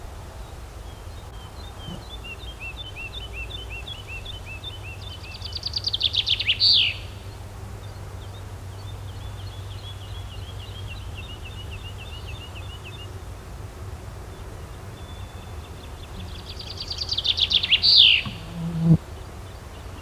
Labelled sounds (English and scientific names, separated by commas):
Common Chaffinch (Fringilla coelebs) song